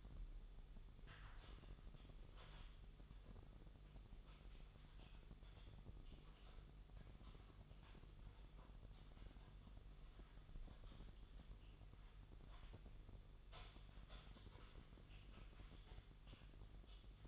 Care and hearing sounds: daily activity, microphone in the room; typing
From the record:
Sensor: 4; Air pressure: 989.6 hPa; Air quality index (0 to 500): 226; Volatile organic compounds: 87 ppm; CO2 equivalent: 3660 ppm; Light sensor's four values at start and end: 26/91/33/35 and 26/91/33/35

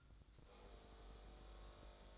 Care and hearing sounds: daily activity, microphone in the room; make coffee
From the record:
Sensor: 3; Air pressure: 1007.3 hPa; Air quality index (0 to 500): 54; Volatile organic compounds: 1 ppm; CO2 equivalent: 590 ppm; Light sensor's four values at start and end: 8/18/7/7 and 8/18/7/8

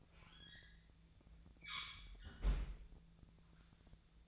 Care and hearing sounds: daily activity, microphone in the room; close fridge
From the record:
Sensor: 3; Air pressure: 1009.6 hPa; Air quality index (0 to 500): 194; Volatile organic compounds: 16 ppm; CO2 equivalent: 2523 ppm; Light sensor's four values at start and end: 33/83/35/38 and 33/83/35/37

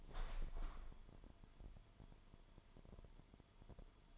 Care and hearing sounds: daily activity, microphone in the room; open window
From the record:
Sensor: 5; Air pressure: 998.1 hPa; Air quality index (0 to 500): 99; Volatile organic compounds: 2 ppm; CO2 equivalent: 1128 ppm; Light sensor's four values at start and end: 27/65/27/29 and 27/65/27/29

